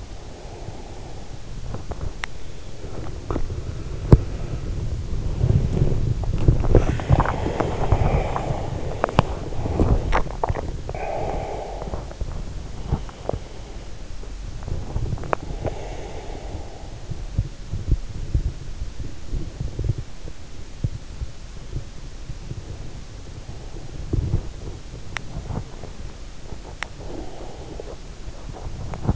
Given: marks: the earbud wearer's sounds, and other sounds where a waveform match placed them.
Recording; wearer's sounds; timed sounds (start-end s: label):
sounds in sleep by an in-ear microphone; breath, teeth grinding, body movement, swallowing
0.00-4.94 s: breath
1.62-4.49 s: teeth grinding
2.19-29.16 s: body movement
6.68-8.49 s: breath
8.86-9.44 s: teeth grinding
9.99-10.65 s: swallowing
10.65-12.52 s: breath
15.01-16.83 s: breath
25.00-25.42 s: teeth grinding
26.67-27.04 s: teeth grinding
27.04-28.08 s: breath